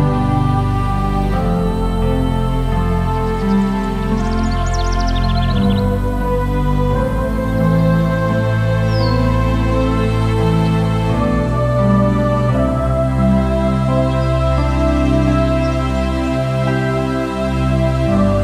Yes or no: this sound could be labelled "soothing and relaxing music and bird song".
yes